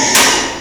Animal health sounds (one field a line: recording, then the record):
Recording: squeal of a Yucatan mini pig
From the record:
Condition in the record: before surgery on the right vocal fold (resection and tissue-engineered implant)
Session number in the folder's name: 2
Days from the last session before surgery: 0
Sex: male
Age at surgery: 12 weeks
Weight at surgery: 13 kg